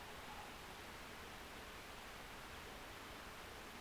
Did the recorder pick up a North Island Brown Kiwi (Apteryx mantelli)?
no